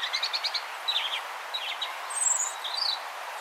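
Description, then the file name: European robin calling with a quick run of high, thin chirps and short twittering notes, several bursts over a few seconds against a steady hiss of background noise. "Erithacus rubecula"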